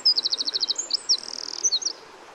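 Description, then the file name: Eurasian wren song: a quick rattling trill of high notes, then a fast buzzy run and a few sharp chips, over low background hiss. "Troglodytes troglodytes"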